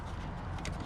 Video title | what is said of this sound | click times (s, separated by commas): 2011–2014 Hyundai Sonata Interior Door Handle Replacement DIY | and snap into place very | 0.7 s